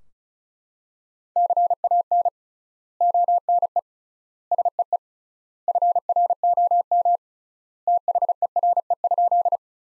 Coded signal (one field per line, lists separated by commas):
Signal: Morse code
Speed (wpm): 36 wpm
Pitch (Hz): 700 Hz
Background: none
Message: CAN ONE SEE FROM THERE?